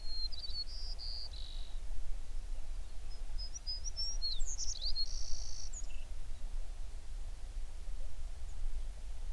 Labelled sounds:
songbird

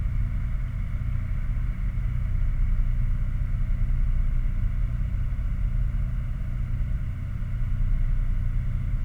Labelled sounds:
machinery
flare stack

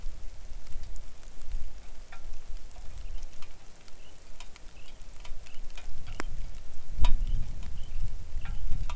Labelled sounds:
songbird
wind
rain

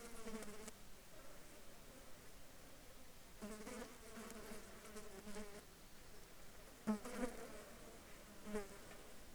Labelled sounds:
insects

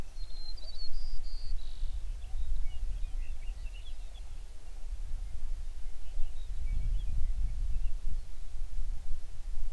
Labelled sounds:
songbird

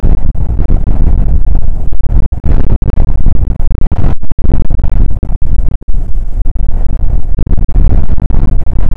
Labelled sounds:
wind

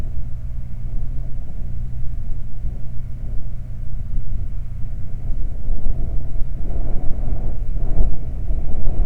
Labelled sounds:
wind
man-made sound

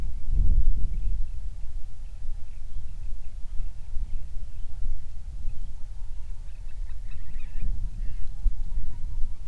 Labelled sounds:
songbird
waterfowl
wind

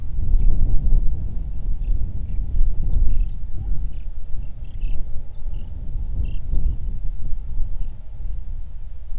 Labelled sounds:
songbird
waterfowl
wind

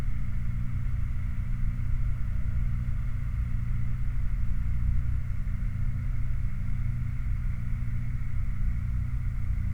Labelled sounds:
machinery

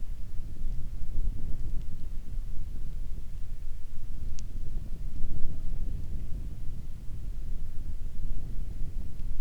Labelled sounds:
wind
rain

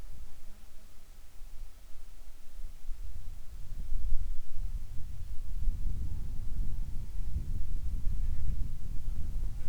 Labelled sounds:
wind
insects

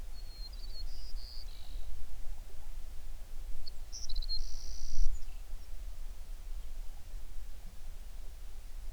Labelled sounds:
songbird

